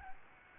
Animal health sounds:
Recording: mosquito wingbeat signal from an infrared sensor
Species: Aedes albopictus

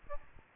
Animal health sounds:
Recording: mosquito wingbeat signal from an infrared sensor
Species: Aedes albopictus

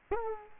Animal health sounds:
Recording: mosquito wingbeat signal from an infrared sensor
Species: Culex quinquefasciatus

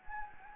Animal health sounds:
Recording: mosquito wingbeat signal from an infrared sensor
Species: Anopheles gambiae

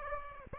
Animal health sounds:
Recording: mosquito wingbeat signal from an infrared sensor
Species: Aedes aegypti

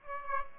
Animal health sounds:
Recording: mosquito wingbeat signal from an infrared sensor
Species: Aedes aegypti

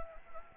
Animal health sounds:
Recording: mosquito wingbeat signal from an infrared sensor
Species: Anopheles gambiae

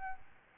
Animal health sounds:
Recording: mosquito wingbeat signal from an infrared sensor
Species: Aedes albopictus

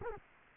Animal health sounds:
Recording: mosquito wingbeat signal from an infrared sensor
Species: Culex quinquefasciatus

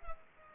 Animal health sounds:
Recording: mosquito wingbeat signal from an infrared sensor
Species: Culex pipiens

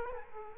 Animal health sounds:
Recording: mosquito wingbeat signal from an infrared sensor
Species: Culex quinquefasciatus

